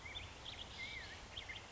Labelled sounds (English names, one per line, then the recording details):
Black-headed Grosbeak
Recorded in Sonoma County, California